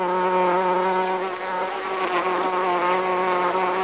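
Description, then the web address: Bee buzzing in a steady, droning hum with a strong low fundamental and rich overtones, holding nearly constant pitch throughout with slight wavering in the middle. "East West - Global Sounds 07-INSECTS BEE"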